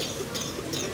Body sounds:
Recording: coughing mixed with background sound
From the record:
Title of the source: Wet coughing

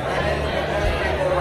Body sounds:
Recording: background sound without coughing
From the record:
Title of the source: CITY SOUNDS Busy Bar in the Evening Night - 2 HOURS of Ambiance for Relaxation

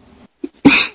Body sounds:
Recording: coughing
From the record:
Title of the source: 64 coughing, allergies, singing lungs

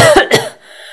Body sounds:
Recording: coughing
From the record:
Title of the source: Coughing Woman Sound - Woman Cough Sound Effect

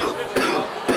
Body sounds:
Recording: coughing mixed with background sound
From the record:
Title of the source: Coughing 77

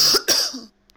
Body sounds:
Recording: coughing mixed with background sound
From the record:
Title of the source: November cold (wet coughing)

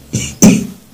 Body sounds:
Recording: coughing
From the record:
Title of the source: Spring Cold Coughing.

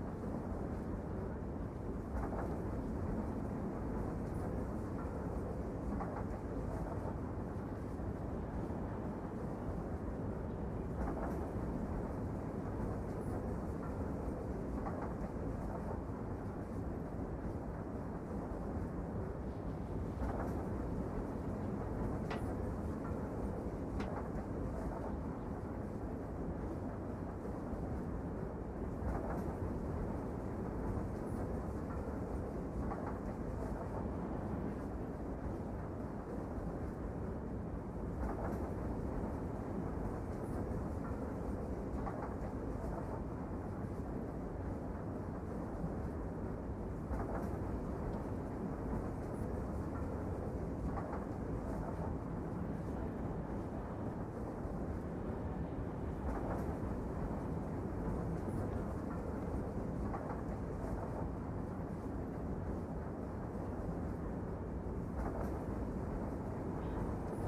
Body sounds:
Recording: background sound without coughing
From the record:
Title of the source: Train Ride Ambience ambient white noise for sleeping, focus, studying, reading

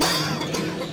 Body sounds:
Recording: coughing mixed with background sound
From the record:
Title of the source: Dry Coughing Fit in the Afternoon.

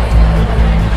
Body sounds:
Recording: background sound without coughing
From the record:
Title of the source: Party Noise 1 Hour Party Ambience

